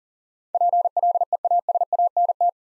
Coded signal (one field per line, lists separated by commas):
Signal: Morse code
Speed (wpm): 39 wpm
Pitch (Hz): 700 Hz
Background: none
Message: PLEASANT